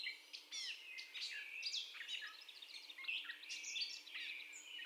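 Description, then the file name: Catbird song, a rapid jumble of squeaky, chattering and whistled phrases, each brief and different, running without pause. First song, recorded 30 May 2021. "2021-05-30 Catbird First Song"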